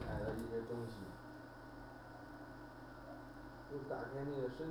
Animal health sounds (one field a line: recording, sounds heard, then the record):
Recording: poultry house recording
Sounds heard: no chicken sound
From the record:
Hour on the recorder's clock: 5